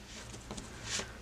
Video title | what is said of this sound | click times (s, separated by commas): How to Replace Continuous Ink Supply System CISS Tubes and Cartridges Tutorial | it in snaps into place and | 0.5 s, 0.6 s